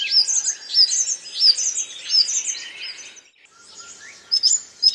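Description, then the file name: A bird gives high sharp chirps with a rolling twitter behind, fading to quiet before a few clipped notes return at the end. "BIRD wbsw"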